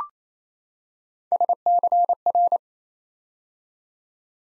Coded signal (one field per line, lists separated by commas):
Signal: Morse code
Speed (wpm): 28 wpm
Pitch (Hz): 700 Hz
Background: none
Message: SCR